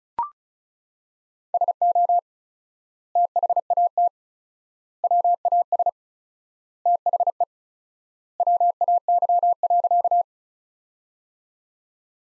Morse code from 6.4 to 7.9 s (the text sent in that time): THE